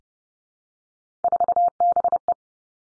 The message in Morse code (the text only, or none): 4BE